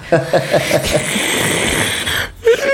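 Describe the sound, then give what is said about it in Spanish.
A drawn-out, breathy yawn stretches for a couple of seconds after a few short voiced sounds, then ends with a brief higher vocal tone. “No, espérate, que más encima los bostezos se contagian.”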